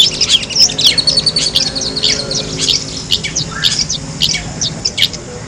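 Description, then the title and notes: Long-tailed shrike song of varied, quick phrases: sharp clicks, short whistled slurs and scratchy notes, delivered in uneven bursts over a faint hum. Competition-style song of the long-tailed shrike, locally called cendet, made as a training recording for birds and used as 'mental therapy' for cendet. "Suara Lomba untuk Terapi Mental Cendet. Masteran Burung Cendet"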